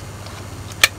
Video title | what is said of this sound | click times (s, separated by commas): Indian Army Store(Ayodhya) Part-3 🇮🇳 - Cheapest Market Sadar bazaar Cantt - Armaan Sharma Vlogs | ये तो बंद हो गई है, लॉक हो गई है, खुल नहीं रही है हमसे। | 0.8 s